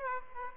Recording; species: mosquito wingbeat signal from an infrared sensor; Aedes aegypti